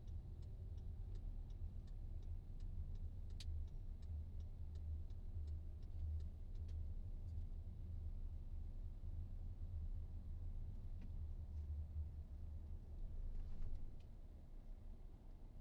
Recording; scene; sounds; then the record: everyday scene through a hearing-aid microphone; in a vehicle; engine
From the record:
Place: VW T5 Caravelle, diesel engine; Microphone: in the ear canal, right